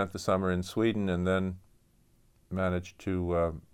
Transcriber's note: none